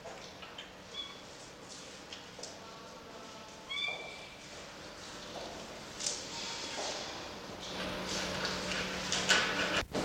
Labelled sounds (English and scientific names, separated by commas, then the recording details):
Black Rhinoceros (Diceros bicornis) call, Blue Crane (Grus paradisea)
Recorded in captivity
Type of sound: call
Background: Grus paradisea
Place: Zoo Berlin, Berlin, DE
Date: 1986-11-14 11:17
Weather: sunny 7 - 8°
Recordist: Tembrock, Günter
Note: junges: Langlaute